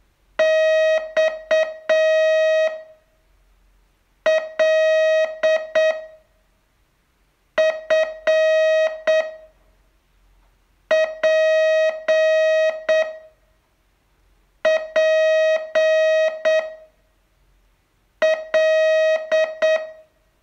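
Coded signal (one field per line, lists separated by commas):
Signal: Morse code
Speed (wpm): 8 wpm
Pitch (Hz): 630 Hz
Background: music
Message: X L F P P L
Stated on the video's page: Day 29 of a 42-day Morse training course.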